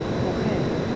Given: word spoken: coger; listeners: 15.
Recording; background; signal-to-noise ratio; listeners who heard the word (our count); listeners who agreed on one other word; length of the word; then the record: one Spanish word in noise, from a listening test; speech-shaped noise; -6.7 dB; 2 of 15; 13 of 15; 0.55 s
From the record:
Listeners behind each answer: 13, 2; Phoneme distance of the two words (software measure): 20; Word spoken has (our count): 2 syllables, 5 phonemes, stress on syllable 2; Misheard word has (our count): 2 syllables, 5 phonemes, stress on syllable 2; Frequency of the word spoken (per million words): 13.98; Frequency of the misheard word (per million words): 405.98